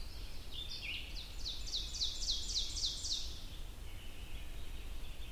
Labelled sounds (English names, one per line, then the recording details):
Ovenbird song
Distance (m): 40 m
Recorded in boreal forest in Alberta, Canada, on 22 June 2016 at 05:17
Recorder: SongMeter 3, array SBT-6-76
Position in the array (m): 150 m, 99 m
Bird 3